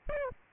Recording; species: mosquito wingbeat signal from an infrared sensor; Aedes albopictus